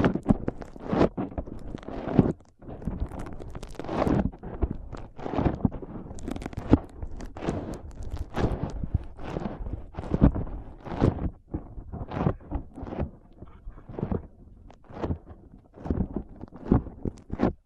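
Foam being squeezed and rubbed for an ASMR brain massage, producing a dense run of crackly, crunchy bursts. The scrunches come about twice a second with brief gaps, each one bright and textured with a soft low thump underneath, steady throughout.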